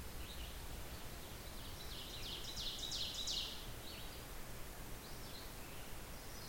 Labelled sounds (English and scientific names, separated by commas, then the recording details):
Ovenbird (Seiurus aurocapilla) song
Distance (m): 70 m
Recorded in boreal forest in Alberta, Canada, on 16 June 2016 at 07:06
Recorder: SongMeter 3, array SBT-3-32
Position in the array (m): 132 m, 165 m
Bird 37